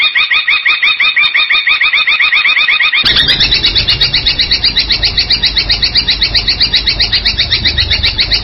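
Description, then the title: Long-tailed shrike singing loud, rapid repeated metallic notes that switch after three seconds to a higher, harsher chattering run, with a low hum behind. Champion bird's song. "Kicau Burung Cendet Juara"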